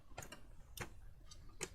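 A disk drive is being pushed and handled at its mounting bay after several failed tries to get it to lock in. Short, sharp ticking handling noises sound at about 0.2, 0.3, 0.8 and 1.6 seconds over a faint low background. Nothing has seated or clicked into place yet.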